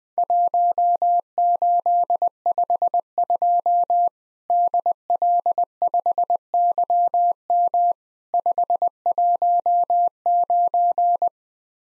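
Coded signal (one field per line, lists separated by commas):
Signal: Morse code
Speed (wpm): 20 wpm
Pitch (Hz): 700 Hz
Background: none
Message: 1852 DL5YM 519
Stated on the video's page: Morse practice of Worked All Europe DX Contest QTC exchanges at 20 wpm, each sent, spoken, then sent again.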